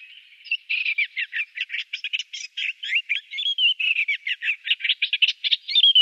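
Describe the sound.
Eastern Olivaceous Warbler singing a continuous, hurried babble of harsh chirps and short twangy slurs.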